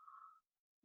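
A strange sound: the snoring of a dog sleeping on someone's lap.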